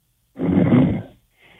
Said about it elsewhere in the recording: He's sleeping. You can hear him snoring in the background. He was on hold for about 32 minutes. He was in bed probably and just fell asleep.